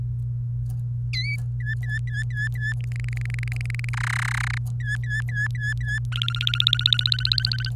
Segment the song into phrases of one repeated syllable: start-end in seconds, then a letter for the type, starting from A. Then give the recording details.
1.13-1.36 A, 1.60-2.72 B, 2.80-3.89 C, 3.93-4.58 D, 4.80-5.99 B, 6.12-7.70 E. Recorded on 28 April 2018 at 09:15. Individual llb3